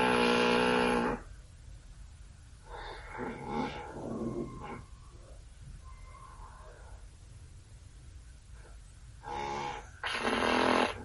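A man sleeping, snoring loudly with a harsh, motorcycle-like roar that shows how intense the snoring is. The snoring builds in intensity, with breathing pauses between the loud snores. Two apneas are heard, each broken by a loud snore.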